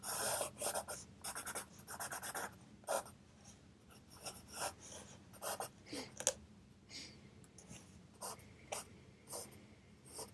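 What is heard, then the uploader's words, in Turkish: A pencil scratches across paper in quick, uneven bursts of writing, with short strokes clustered early on and scattered pauses later. A faint, steady low hum sits underneath throughout, and a small tap sounds near the six-second mark in a quiet room. Sessiz odada 25 dakika boyunca kurşun kalem ile ders çalışma; ortam sesleri, beyaz gürültü alt yapısı, kurşun kalem.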